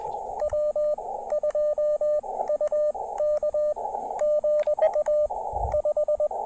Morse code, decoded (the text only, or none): W2UK GA 5